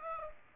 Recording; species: mosquito wingbeat signal from an infrared sensor; Aedes aegypti